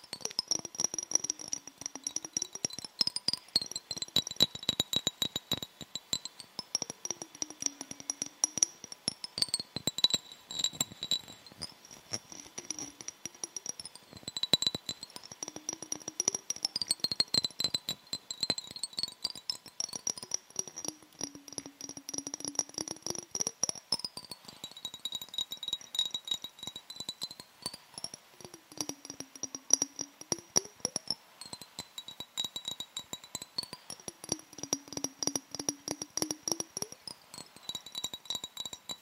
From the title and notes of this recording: Binaural Triggers. Mic Tapping + Touching + Scratching.